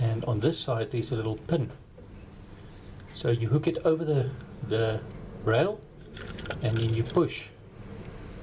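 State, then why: Not seated. A metal solar panel mounting hook with a small pin on one side is hooked over an aluminium PV mounting rail while someone talks, with a faint handling tap at 3.0 s. Nothing has seated or clicked yet; the clip ends before the hook is pushed up to lock onto the rail.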